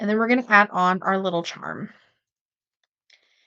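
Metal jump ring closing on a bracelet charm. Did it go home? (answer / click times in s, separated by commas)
yes / 3.1 s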